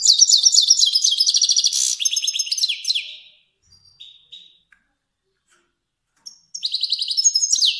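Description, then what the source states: Finch song: long rapid twittering trill slowing into looser chirps, a few soft thin notes during a quiet gap, then the trilling resumes loudly. Kermani finch.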